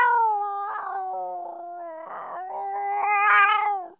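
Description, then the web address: Cat giving a drawn-out, wavering yowl lasting about four seconds, with breathy bursts in the middle and a louder, strained rise near the end. "animals cat"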